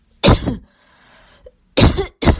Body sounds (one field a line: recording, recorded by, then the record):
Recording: voluntary cough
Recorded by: messaging app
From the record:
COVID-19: positive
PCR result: self-reported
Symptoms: yes